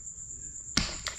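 A driver tightening a small screw in the clutch lever assembly of an Aprilia RS660 motorcycle slips in the screw head, giving a sharp snap at 0.8 s and a second, softer click at 1.1 s over a steady high-pitched tone. The screw head is stripped, so Torx bits will be needed to get it off.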